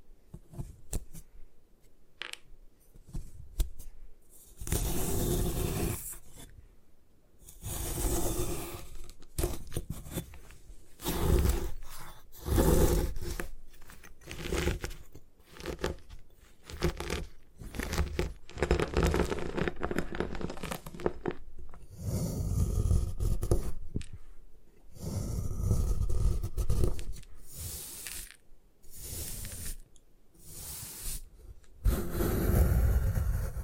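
Gym chalk is being crushed and broken up in a series of dry, gritty scraping and crumbling bursts, each lasting a second or two. Bursts come in irregular clusters with short silent gaps, some louder and longer near the middle and toward the end.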